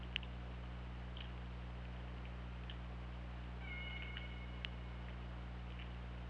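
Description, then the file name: Killer whale call, a tonal whistle-like sound with stacked harmonics held for about a second, among scattered sharp clicks over steady low hum. Recorded on the OrcaLab hydrophone, 24 August 2017, 23:47. "Orca Lab UTLN JASON 20170824 234707"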